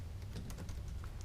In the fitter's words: Should just snap right in place.